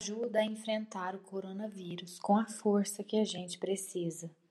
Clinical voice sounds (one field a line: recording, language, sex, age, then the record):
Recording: spoken sentence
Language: Brazilian Portuguese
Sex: female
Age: 30 to 39 years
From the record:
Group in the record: control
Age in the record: 37 years